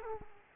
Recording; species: mosquito wingbeat signal from an infrared sensor; Culex quinquefasciatus